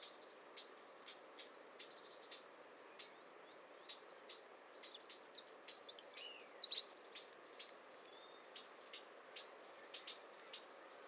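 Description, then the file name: Eurasian wren calls: sharp high ticking notes repeated steadily, broken midway by a brief burst of rapid, high, tumbling song. "Troglodytes troglodytes"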